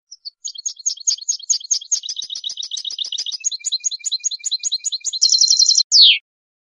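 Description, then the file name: European goldfinch song, scattered twittering notes quickening into a rapid chatter, then a buzzy trill and a final descending slurred note. "audio burung goldfinch"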